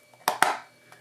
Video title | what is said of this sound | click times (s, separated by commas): Oculus Quest Review, Guide and Tips | that little click very simple and you just go around and just make sure that it's all pushed in not | 0.3 s, 0.4 s